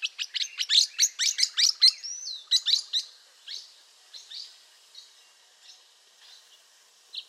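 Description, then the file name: Mexican parrotlet giving sharp, high chirps in a rapid burst for about three seconds, then scattered, softer single chirps trailing off. "Golosa ptic - Meksikanskij vorobinyj popugajchik Forpus cyanopygius"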